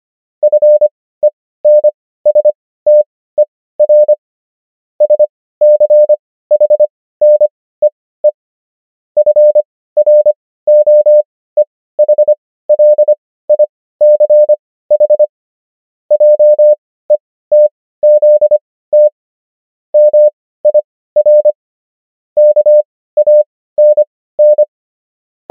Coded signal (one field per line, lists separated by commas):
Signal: Morse code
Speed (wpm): 25 wpm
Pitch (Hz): 600 Hz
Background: none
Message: FENSTER SCHNEE FROEHLICH JETZT MIR KANN